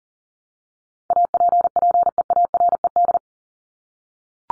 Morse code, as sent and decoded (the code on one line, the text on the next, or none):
.- .--. .--. . .- .-. . -..
APPEARED